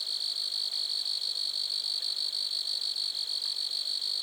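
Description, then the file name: Grasshoppers give a shrill, sustained buzz with a quick rhythmic flutter running through it, continuous for the whole stretch. Lac-à-François, Montcerf-Lytton, Quebec, Canada. "criquets-grasshoppers- -lac-acc 80-franccca 7 ois-montcerf-lytton-quecc 81 bec-canada"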